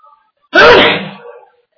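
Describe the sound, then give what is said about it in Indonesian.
A single loud, explosive sneeze bursts out suddenly and trails off in a breathy, fading tail over about a second, with no talking around it. “Alhamdulillah.”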